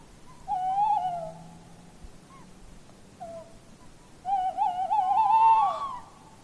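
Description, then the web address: Tawny owl hooting sequence: a short wavering hoot, a few soft notes, then a long tremulous quavering hoot. "linnut lehtopollo"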